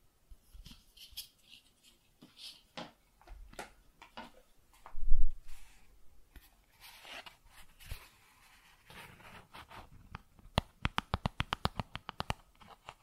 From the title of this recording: Cardboard Scratching, Tracing, Tearing